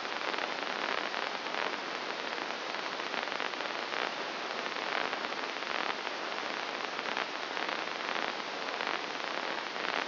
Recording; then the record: brain microelectrode recording played as sound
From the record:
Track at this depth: inside the subthalamic nucleus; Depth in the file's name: 3.502 mm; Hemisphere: left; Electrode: 2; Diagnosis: Parkinson's disease